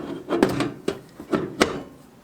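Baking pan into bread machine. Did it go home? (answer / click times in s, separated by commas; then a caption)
yes / 1.6 s. A baking pan holding dough ingredients is pushed down into a bread machine. Several knocks and rubbing scrapes are heard as it goes in, then a sharp, short snap at 1.6 s as the pan seats into place.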